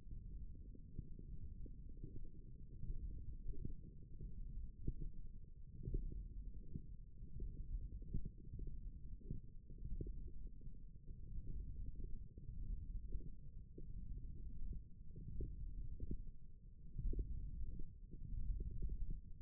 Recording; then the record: forearm muscle sounds (acoustic myography)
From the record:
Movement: finger pinch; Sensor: system 1, eight BSWA MPA416 microphones around the upper forearm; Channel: 1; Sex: female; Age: 22 years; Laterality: right